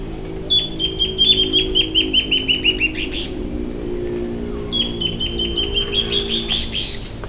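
Bird calling in two bursts of quick, high chirps, the first stepping slightly downward in pitch, with a steady high hiss behind them.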